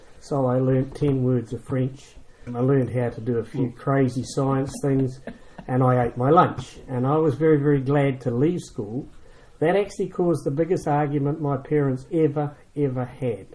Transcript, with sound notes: So I learnt ten words of French, and I learnt how to do a few crazy science things, [chuckle] and I ate my lunch. And I was very, very glad to leave school. That actually caused the biggest argument that my parents ever, ever had.